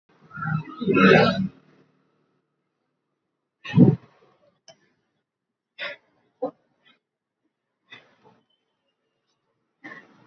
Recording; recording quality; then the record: shallow breathing; excellent, no background noise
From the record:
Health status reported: healthy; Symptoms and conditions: none ticked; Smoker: not ticked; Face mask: worn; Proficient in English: yes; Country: India